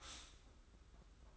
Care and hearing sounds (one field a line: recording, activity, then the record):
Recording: daily activity, microphone in the room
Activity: stop toaster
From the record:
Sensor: 3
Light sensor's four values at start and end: 41/118/48/42 and 41/118/48/42